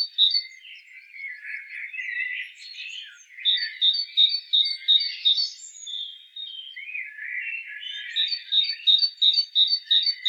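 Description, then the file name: Great tit calls: bright high notes repeated in quick rhythmic runs, alternating with lower warbling chatter that rises and falls. "Parus major"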